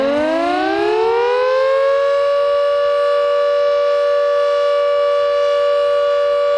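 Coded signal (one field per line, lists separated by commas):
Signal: siren signal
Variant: Carter 1H siren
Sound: siren winding up over two seconds, then holding a steady continuous wail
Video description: Signal: Continuous tone, interrupted four times Duration: 210 sec. Meaning: Danger of flooding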